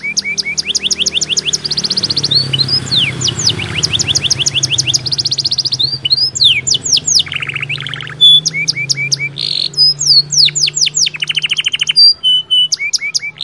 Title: Canto Para Esquentar Canário Belga. Kenari AF gacor panjang bagus untuk masteran, Kenari muda cepat gacor ngerol panjang